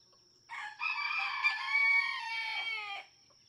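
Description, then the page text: Red junglefowl (chicken): red junglefowl rooster crowing, a single loud, raspy cock-a-doodle-doo of about two and a half seconds with a brief break after the first note. Several domestic roosters (chickens) in a barnyard just outside Mammoth Cave National Park, Kentucky, USA, June 2, 2010; each rooster crows differently, illustrating individual song differences. "Birdsong for the Curious Naturalist. Red junglefowl (chicken) No two roosters crow alike in this Kentucky barnyard. June 2, 2010. Just outside Mammoth Cave National Park, Kentucky"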